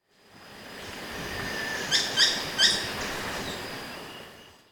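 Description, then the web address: Buff-throated tody-tyrant giving a quick burst of three brief, bright notes in the middle, with a constant thin high-pitched hiss behind. Ecuador, South America. "Birds of Ecuador 3. Buff-Throated Tody-Tyrant"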